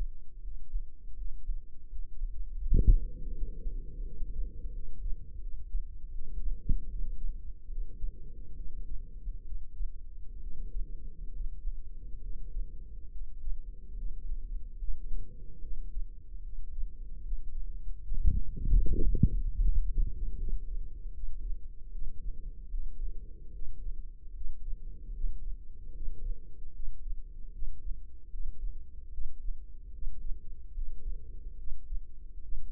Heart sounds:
heart sounds by microphone in the left ear; 75 bpm
0.40 s: heartbeat
1.14 s: heartbeat
1.88 s: heartbeat
2.61 s: heartbeat
3.32 s: heartbeat
4.02 s: heartbeat
4.70 s: heartbeat
5.38 s: heartbeat
6.10 s: heartbeat
6.88 s: heartbeat
7.67 s: heartbeat
8.53 s: heartbeat
9.43 s: heartbeat
10.39 s: heartbeat
11.30 s: heartbeat
12.19 s: heartbeat
13.09 s: heartbeat
13.94 s: heartbeat
14.77 s: heartbeat
15.59 s: heartbeat
16.41 s: heartbeat
17.21 s: heartbeat
18.01 s: heartbeat
18.81 s: heartbeat
19.61 s: heartbeat
20.35 s: heartbeat
21.11 s: heartbeat
21.90 s: heartbeat
22.69 s: heartbeat
23.50 s: heartbeat
24.32 s: heartbeat
25.12 s: heartbeat
25.91 s: heartbeat
26.71 s: heartbeat
27.50 s: heartbeat
28.29 s: heartbeat
29.09 s: heartbeat
29.90 s: heartbeat
30.72 s: heartbeat
31.55 s: heartbeat
32.40 s: heartbeat
From the record:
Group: healthy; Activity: Valsalva maneuver 0-3 s, rest 3-33 s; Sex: female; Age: 32 years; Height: 172 cm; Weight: 71.7 kg

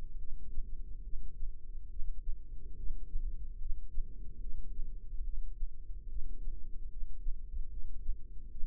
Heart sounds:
heart sounds by microphone in the left ear; 72 bpm
0.17 s: heartbeat
1.02 s: heartbeat
1.89 s: heartbeat
2.75 s: heartbeat
3.58 s: heartbeat
4.39 s: heartbeat
5.23 s: heartbeat
6.08 s: heartbeat
6.89 s: heartbeat
7.69 s: heartbeat
8.49 s: heartbeat
From the record:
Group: healthy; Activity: rest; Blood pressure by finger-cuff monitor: 129/82 mmHg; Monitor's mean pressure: 99 mmHg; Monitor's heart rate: 73 bpm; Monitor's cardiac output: 5.7 L/min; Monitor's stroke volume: 79 mL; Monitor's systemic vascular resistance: 1300 dyn s/cm5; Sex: female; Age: 43 years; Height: 160 cm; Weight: 90 kg

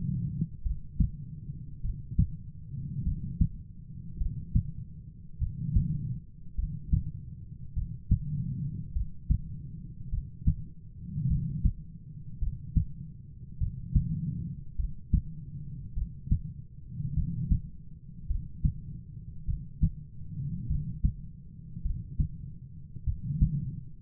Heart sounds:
heart sounds by stethoscope; 51 bpm
0.62 s: heartbeat
1.81 s: heartbeat
3.03 s: heartbeat
4.17 s: heartbeat
5.38 s: heartbeat
6.55 s: heartbeat
7.73 s: heartbeat
8.92 s: heartbeat
10.09 s: heartbeat
11.27 s: heartbeat
12.38 s: heartbeat
13.57 s: heartbeat
14.75 s: heartbeat
15.93 s: heartbeat
17.13 s: heartbeat
18.26 s: heartbeat
19.45 s: heartbeat
20.66 s: heartbeat
21.81 s: heartbeat
23.03 s: heartbeat
From the record:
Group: heart failure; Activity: rest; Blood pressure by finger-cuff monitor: 68/38 mmHg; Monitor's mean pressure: 49 mmHg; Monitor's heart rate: 51 bpm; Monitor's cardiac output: 4.3 L/min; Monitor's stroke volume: 85 mL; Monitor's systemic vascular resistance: 760 dyn s/cm5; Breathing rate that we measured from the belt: 21 breaths a minute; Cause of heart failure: dilated cardiomyopathy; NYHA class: 3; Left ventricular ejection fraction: 27%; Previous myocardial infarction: absent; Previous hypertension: present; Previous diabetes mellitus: present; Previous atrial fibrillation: present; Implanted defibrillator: present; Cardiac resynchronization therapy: absent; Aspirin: present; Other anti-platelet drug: absent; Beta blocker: bisoprolol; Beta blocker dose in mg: 1.25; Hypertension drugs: sacubitril-valsartan, spironolactone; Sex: female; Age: 39 years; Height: 170 cm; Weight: 64 kg

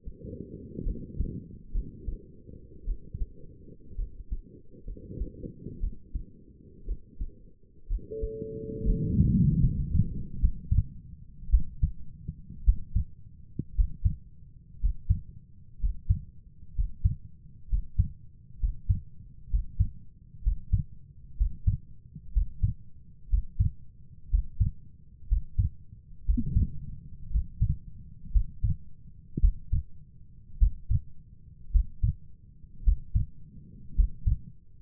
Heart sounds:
heart sounds by stethoscope; 60 bpm
0.84 s: heartbeat
1.72 s: heartbeat
2.85 s: heartbeat
3.96 s: heartbeat
4.86 s: heartbeat
5.81 s: heartbeat
6.86 s: heartbeat
7.88 s: heartbeat
8.86 s: heartbeat
9.60 s: heartbeat
10.39 s: heartbeat
11.50 s: heartbeat
12.64 s: heartbeat
13.75 s: heartbeat
14.80 s: heartbeat
15.80 s: heartbeat
16.75 s: heartbeat
17.69 s: heartbeat
18.59 s: heartbeat
19.49 s: heartbeat
20.42 s: heartbeat
21.36 s: heartbeat
22.32 s: heartbeat
23.29 s: heartbeat
24.29 s: heartbeat
25.27 s: heartbeat
26.25 s: heartbeat
27.30 s: heartbeat
28.31 s: heartbeat
29.39 s: heartbeat
30.58 s: heartbeat
31.71 s: heartbeat
32.83 s: heartbeat
33.95 s: heartbeat
From the record:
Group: healthy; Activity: rest 0-8 s, breath hold 8-35 s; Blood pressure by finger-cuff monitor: 94/61 mmHg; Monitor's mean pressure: 71 mmHg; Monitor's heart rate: 60 bpm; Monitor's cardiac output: 4.7 L/min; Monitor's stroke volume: 79 mL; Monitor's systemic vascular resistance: 1030 dyn s/cm5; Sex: female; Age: 28 years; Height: 170 cm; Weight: 77 kg

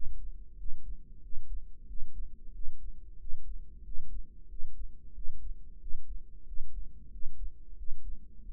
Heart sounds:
heart sounds by microphone in the right ear; 92 bpm
0.58 s: heartbeat
1.23 s: heartbeat
1.88 s: heartbeat
2.54 s: heartbeat
3.20 s: heartbeat
3.85 s: heartbeat
4.50 s: heartbeat
5.15 s: heartbeat
5.81 s: heartbeat
6.47 s: heartbeat
7.12 s: heartbeat
7.78 s: heartbeat
8.44 s: heartbeat
From the record:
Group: healthy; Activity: rest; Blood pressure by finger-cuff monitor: 138/85 mmHg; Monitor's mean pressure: 103 mmHg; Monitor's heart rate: 92 bpm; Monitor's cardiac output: 7.4 L/min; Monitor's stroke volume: 81 mL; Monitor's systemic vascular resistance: 1020 dyn s/cm5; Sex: male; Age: 21 years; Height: 175 cm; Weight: 72.6 kg

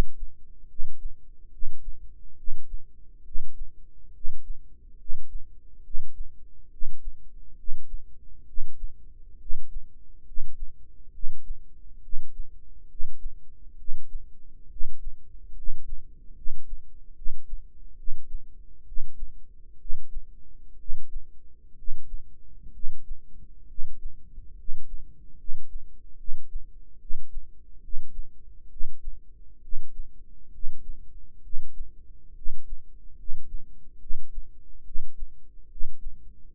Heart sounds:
heart sounds by microphone in the right ear; 69 bpm
0.67 s: heartbeat
1.50 s: heartbeat
2.35 s: heartbeat
3.23 s: heartbeat
4.12 s: heartbeat
4.97 s: heartbeat
5.82 s: heartbeat
6.69 s: heartbeat
7.55 s: heartbeat
8.45 s: heartbeat
9.37 s: heartbeat
10.24 s: heartbeat
11.11 s: heartbeat
12.00 s: heartbeat
12.87 s: heartbeat
13.76 s: heartbeat
14.68 s: heartbeat
15.54 s: heartbeat
16.34 s: heartbeat
17.14 s: heartbeat
17.95 s: heartbeat
18.84 s: heartbeat
19.77 s: heartbeat
20.77 s: heartbeat
21.75 s: heartbeat
22.71 s: heartbeat
23.66 s: heartbeat
24.55 s: heartbeat
25.36 s: heartbeat
26.16 s: heartbeat
26.98 s: heartbeat
27.80 s: heartbeat
28.68 s: heartbeat
29.60 s: heartbeat
30.50 s: heartbeat
31.41 s: heartbeat
32.33 s: heartbeat
33.15 s: heartbeat
33.98 s: heartbeat
34.83 s: heartbeat
35.68 s: heartbeat
36.54 s: heartbeat
From the record:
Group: healthy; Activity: rest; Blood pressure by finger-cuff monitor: 115/62 mmHg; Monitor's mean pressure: 77 mmHg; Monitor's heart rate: 69 bpm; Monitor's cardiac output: 7 L/min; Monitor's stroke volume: 103 mL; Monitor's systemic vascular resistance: 800 dyn s/cm5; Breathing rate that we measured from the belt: 21 breaths a minute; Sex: male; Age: 35 years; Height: 180 cm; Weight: 86.9 kg

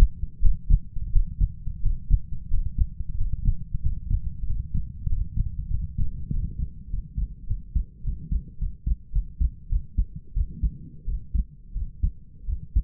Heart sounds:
heart sounds by stethoscope; 95 bpm
0.41 s: heartbeat
1.12 s: heartbeat
1.81 s: heartbeat
2.49 s: heartbeat
3.16 s: heartbeat
3.81 s: heartbeat
4.45 s: heartbeat
5.08 s: heartbeat
5.69 s: heartbeat
6.29 s: heartbeat
6.88 s: heartbeat
7.46 s: heartbeat
8.03 s: heartbeat
8.58 s: heartbeat
9.12 s: heartbeat
9.69 s: heartbeat
10.34 s: heartbeat
11.05 s: heartbeat
11.73 s: heartbeat
12.46 s: heartbeat
From the record:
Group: healthy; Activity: Valsalva maneuver 0-6 s, rest 6-13 s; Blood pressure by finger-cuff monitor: 98/66 mmHg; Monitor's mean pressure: 72 mmHg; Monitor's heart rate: 92 bpm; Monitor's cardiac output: 5.9 L/min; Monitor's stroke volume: 66 mL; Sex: male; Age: 22 years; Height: 181 cm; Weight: 60 kg

